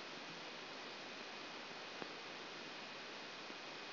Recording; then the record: brain microelectrode recording played as sound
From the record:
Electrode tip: outside the subthalamic nucleus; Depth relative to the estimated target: -4 mm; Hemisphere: left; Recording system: AlphaMap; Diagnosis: Parkinson's disease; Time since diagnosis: 9 years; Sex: male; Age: 53 years